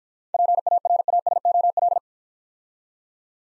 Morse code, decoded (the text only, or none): PARASOL